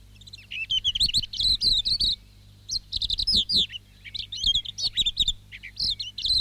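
Silvereye song: rapid high warbling phrases of twittering notes, delivered in bursts separated by short pauses.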